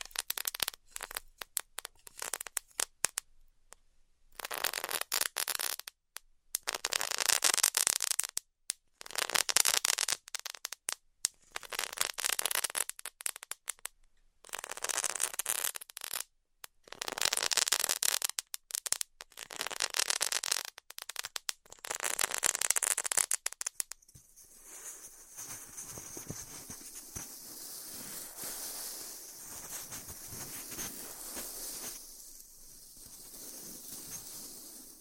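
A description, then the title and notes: Styrofoam being heat cut gives off bright, crackling hiss in irregular bursts of one to three seconds, broken by short silent gaps, for the first 24 seconds. After that the bursts stop and a softer, steady hiss with a faint low hum carries on to the end. ASMR Styrofoam Heat Cutting (No Talking).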